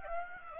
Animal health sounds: mosquito wingbeat signal from an infrared sensor; Aedes aegypti

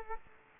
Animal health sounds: mosquito wingbeat signal from an infrared sensor; Culex quinquefasciatus

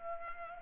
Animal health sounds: mosquito wingbeat signal from an infrared sensor; Culex pipiens

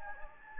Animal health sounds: mosquito wingbeat signal from an infrared sensor; Anopheles gambiae

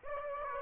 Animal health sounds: mosquito wingbeat signal from an infrared sensor; Aedes aegypti

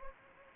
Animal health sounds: mosquito wingbeat signal from an infrared sensor; Anopheles gambiae

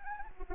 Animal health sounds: mosquito wingbeat signal from an infrared sensor; Anopheles arabiensis

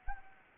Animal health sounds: mosquito wingbeat signal from an infrared sensor; Anopheles arabiensis

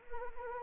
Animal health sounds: mosquito wingbeat signal from an infrared sensor; Anopheles arabiensis

